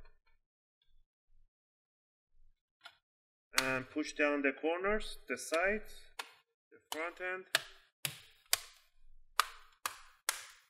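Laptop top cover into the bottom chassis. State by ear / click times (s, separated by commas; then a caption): seated / 8.0 s, 8.5 s, 9.4 s, 9.9 s, 10.3 s. A plastic top cover (palmrest) of an HP Pavilion G7 series laptop is set straight down onto the bottom chassis and pressed on the corners and sides while someone talks. Its retaining clips snap into the base with sharp clicks at 8.1, 8.5, 9.4, 9.9 and 10.3 seconds, and the cover is seated.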